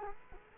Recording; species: mosquito wingbeat signal from an infrared sensor; Culex quinquefasciatus